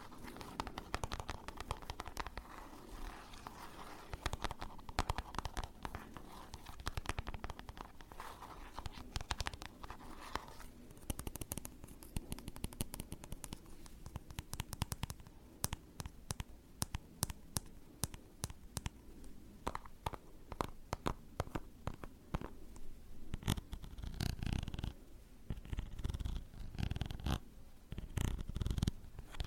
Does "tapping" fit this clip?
yes